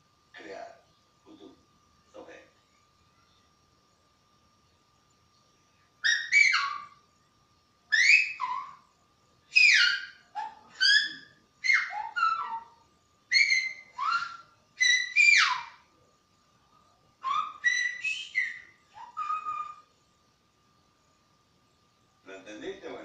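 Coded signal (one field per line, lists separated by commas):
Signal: whistled language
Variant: Silbo Gomero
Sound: loud gliding whistled phrases rising and falling, about nine bursts, after brief quiet speech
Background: brief speech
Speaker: a ver cómo es tan bueno o el este voy a decir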